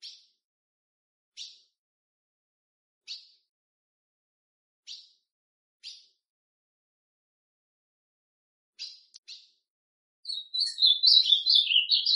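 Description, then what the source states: Ultramarine grosbeak: a series of short sharp chips at irregular intervals, ending in a loud rich warbling song phrase. Classic song style.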